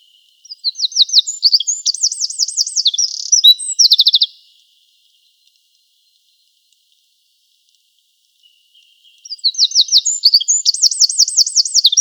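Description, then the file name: Eurasian wren singing a loud, very high, fast string of warbled trills for about four seconds, then silence before the song starts again. "Troglodytes troglodytes"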